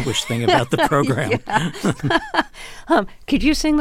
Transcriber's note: laughter